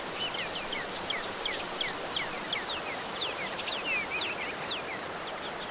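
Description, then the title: Songbirds chirping with many quick, sharp downslurred notes scattered throughout, over a steady rushing roar of falling water. Birdsong combined with waterfall sound, intended as therapy to help stressed birds recover and sing regularly again. "Kombinasi suara kicauan dan air terjun untuk terapi pemulihan burung stres"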